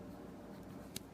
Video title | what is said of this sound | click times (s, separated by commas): The Aspire Atlantis Review by VapeThink.com | biggest and these do click into place and stay in place rather well | 1.0 s